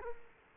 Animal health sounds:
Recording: mosquito wingbeat signal from an infrared sensor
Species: Culex quinquefasciatus

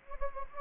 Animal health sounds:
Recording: mosquito wingbeat signal from an infrared sensor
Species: Anopheles gambiae

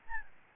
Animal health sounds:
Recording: mosquito wingbeat signal from an infrared sensor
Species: Aedes albopictus

